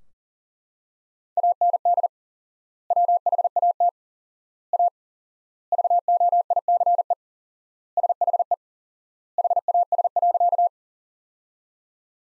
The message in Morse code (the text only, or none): AND WHAT A VOICE SHE HAS.